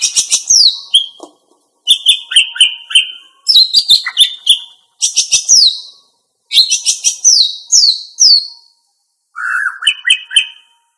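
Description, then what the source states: Greater green leafbird song: bursts of rich, rapid whistled and chattering phrases separated by brief silences. Female bird.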